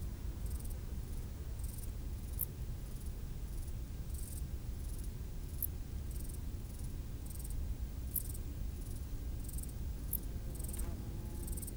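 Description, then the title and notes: Grasshopper stridulation in short rasping bursts repeated at regular intervals, fairly soft, above a constant low background rumble. Grasshoppers stridulating on a roadside bank beside the road to the Mont du Chat television relay, 1500 m altitude, Le Bourget-du-Lac, France; distant valley noise in background. "D42, 73370 Le Bourget-du-Lac, France - insectes du talus. Route du relais télévision du Mont du Chat à 1500m d'altitude les stridulations des criquets sur le talus et les bruits lointains de la vallée en arrière plan"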